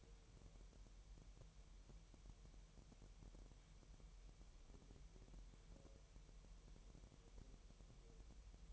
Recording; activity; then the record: daily activity, microphone in the room; wipe stove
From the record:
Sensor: 1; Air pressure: 1001.0 hPa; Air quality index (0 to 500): 248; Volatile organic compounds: 147 ppm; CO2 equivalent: 4008 ppm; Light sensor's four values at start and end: 12/29/12/13 and 12/29/12/13